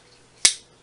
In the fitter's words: the click it's in